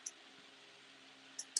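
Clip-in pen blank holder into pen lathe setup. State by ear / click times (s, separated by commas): not seated / none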